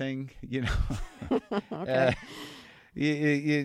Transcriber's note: laughter